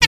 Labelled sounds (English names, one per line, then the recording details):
Zebra Finch tet call
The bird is a male
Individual mal2